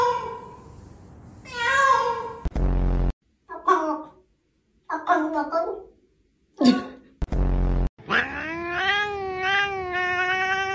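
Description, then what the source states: Cat giving a series of varied meows and drawn-out caterwauls, some rising and wavering, broken by short gaps and a few sharp noisy bursts. Described as funny cat sounds.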